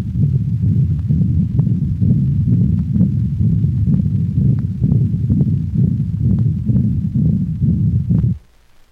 Continuous machinery murmur of a patent ductus recorded at the cranial thoracic wall of a dog.